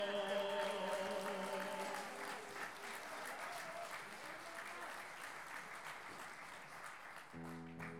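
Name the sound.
audience applause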